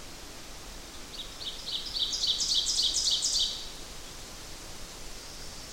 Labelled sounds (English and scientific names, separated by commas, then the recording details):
Ovenbird (Seiurus aurocapilla) song
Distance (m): 20 m
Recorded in boreal forest in Alberta, Canada, on 8 June 2016 at 06:12
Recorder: SongMeter 3, array SBT-3-9
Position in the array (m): 50 m, 107 m
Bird 33